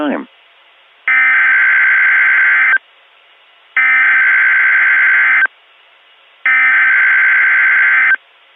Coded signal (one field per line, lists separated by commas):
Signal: Emergency Alert System (SAME) tones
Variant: header bursts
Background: speech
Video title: The Freezing One (Part 1) - an EAS Scenario